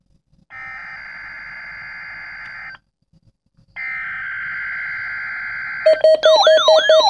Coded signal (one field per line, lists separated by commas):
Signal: Emergency Alert System (SAME) tones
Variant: header bursts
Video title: RWT (EAS #36)